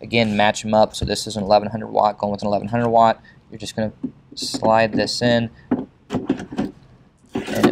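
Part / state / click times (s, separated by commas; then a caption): hot-swap power supply module into rack server PSU bay / seated / 7.6 s. Someone talks while an 1100 W hot-swap power supply module, matched to another 1100 W unit, is slid into the PSU bay of a Dell PowerEdge R530 rack server. A sliding sound is followed at 7.6 s by a sharp click as the release latch snaps into place, showing the power supply is fully inserted.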